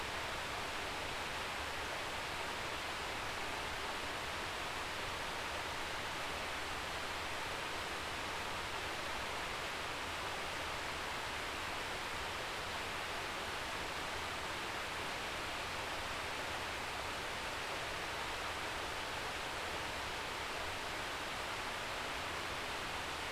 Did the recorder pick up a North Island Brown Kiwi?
no